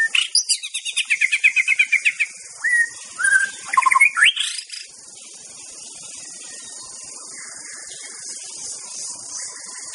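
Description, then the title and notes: White-rumped shama song: a fast stuttering run of chattering notes, then varied whistled phrases sliding down and up, ending abruptly and leaving only a steady high hiss. Song recording used as a lure for trapping (pikat). "MB Pikat Jitu.. Suara Mantap. murai batu"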